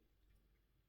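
A hard-plastic DCG Toys 002 Super Saiyan Goku head-sculpt part, a third-party piece for a Figuarts figure, is handled as it is pushed toward its place on the head and neck of a posable action figure. Only soft, low handling rustle and faint plastic scuffs are heard over a steady low rumble, with no distinct snap. Nothing has seated or clicked yet.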